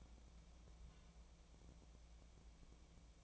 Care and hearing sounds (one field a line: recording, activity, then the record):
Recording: daily activity, microphone in the room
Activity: take from stove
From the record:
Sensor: 1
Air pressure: 1000.0 hPa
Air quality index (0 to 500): 134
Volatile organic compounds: 2 ppm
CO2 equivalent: 1268 ppm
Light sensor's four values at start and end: 41/103/43/54 and 41/103/43/54